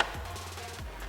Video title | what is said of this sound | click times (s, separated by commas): Carbon Fiber Undertail Fairing Installation 2007-2012 Honda CBR 600RR by TST Industries | actually snaps into place | 0.0 s